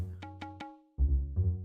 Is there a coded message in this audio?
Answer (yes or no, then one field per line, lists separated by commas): no